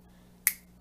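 The blade of a Black Prince folding knife, a two-handed closing design, is moved and snaps into its lock with a single loud, sharp, bright snap at 0.5 s that decays quickly over a faint steady low hum. The blade seats firmly into place.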